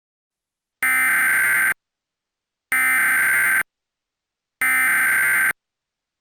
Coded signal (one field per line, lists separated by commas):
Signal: Emergency Alert System (SAME) tones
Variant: header bursts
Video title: (Zombie Virus EAS Scenario) - The Awakening [ft. Harvester]